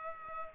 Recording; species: mosquito wingbeat signal from an infrared sensor; Culex pipiens